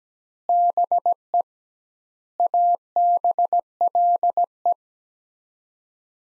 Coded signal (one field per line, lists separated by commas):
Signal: Morse code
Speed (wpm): 17 wpm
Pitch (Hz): 700 Hz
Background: none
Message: BE ABLE